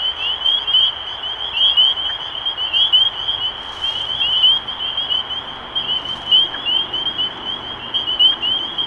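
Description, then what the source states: Chorus of spring peepers: bright, high upslurred whistles repeating rapidly from many frogs at once, steady throughout. Recorded 23 March 2012.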